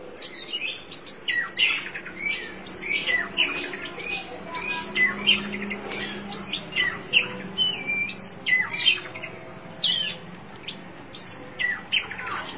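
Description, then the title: Oriental magpie-robin song: a steady stream of varied whistled phrases, short sweeping notes and trills repeated in quick bursts, with faint low hum beneath. Chirping song of the kacer. "Suara Kicauan Burung Kacer"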